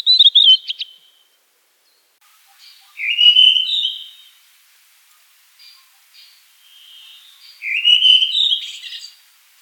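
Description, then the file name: Redwing song: a brief chirpy opening, then two fluttering whistled phrases with thin high twittering, a few seconds apart, against a quiet background. "drozd belobrovik"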